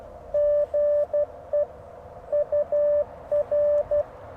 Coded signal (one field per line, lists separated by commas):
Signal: Morse code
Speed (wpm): 15 wpm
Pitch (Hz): 600 Hz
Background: radio noise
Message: GE UR